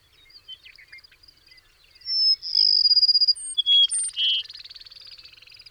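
Bird: soft chirps, then a loud bird phrase of whistle and rapid trill, ending in a long buzzy rattling section that fades out.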